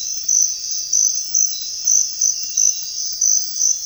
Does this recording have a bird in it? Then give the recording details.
no. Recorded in secondary vegetation near Puerto Asís, Putumayo, Colombia, on 28 February 2025 at 05:00. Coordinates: 0.484, -76.319. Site G010